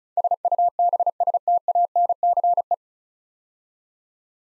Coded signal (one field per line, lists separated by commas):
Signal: Morse code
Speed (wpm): 36 wpm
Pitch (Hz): 700 Hz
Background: none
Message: SUBSTANCE